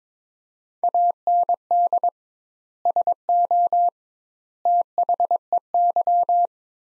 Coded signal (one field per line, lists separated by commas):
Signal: Morse code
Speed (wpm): 22 wpm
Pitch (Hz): 700 Hz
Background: none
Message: AND SO THEY